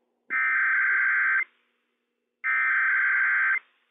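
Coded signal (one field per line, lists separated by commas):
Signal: Emergency Alert System (SAME) tones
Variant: header bursts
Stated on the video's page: Required Monthly Test issued by county emergency management for three Washington counties.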